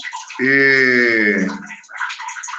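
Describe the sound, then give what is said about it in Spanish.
Steady hiss of running water fills the whole stretch behind a voice message, with a sustained, voice-like tone rising over it for about a second before the water continues alone. “Che, viste ese mensaje con el ruido del agua atrás”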